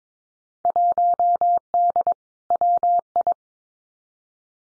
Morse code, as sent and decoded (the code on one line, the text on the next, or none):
.---- -.. / .-- ..
1D WI